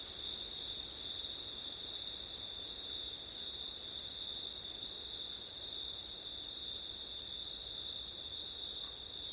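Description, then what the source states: Crickets chirring continuously in a high, even trill, the upper voice pausing briefly twice. Crickets recorded on a September night with wind.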